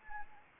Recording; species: mosquito wingbeat signal from an infrared sensor; Anopheles arabiensis